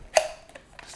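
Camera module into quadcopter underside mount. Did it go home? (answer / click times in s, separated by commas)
yes / 0.2 s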